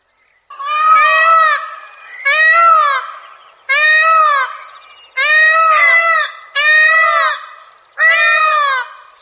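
Indian peafowl giving six loud, nasal, harmonic wailing calls, spaced roughly every one and a half seconds, with a quiet background.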